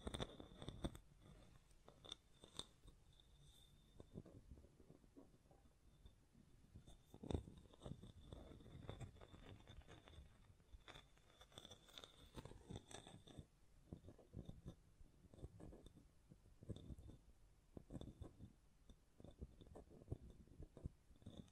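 Hands tap, scratch and brush against a microphone in dense, irregular bursts of low thumps and rustling, with a faint steady high whine throughout.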